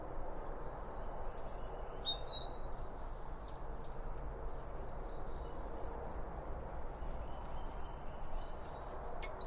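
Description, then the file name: Bird chirps come as a few scattered, thin high notes and short downslurs, mostly in the first seconds, over a steady low noisy background. Birds around a bird feeding spot, recorded with two Line Audio OM1 microphones. "Birds Around Birdfeeding With Two Om 1 From Line Audio"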